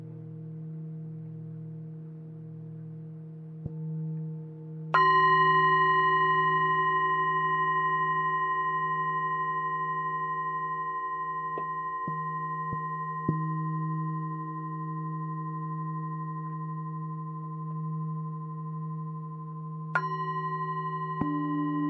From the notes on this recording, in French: bols tibétains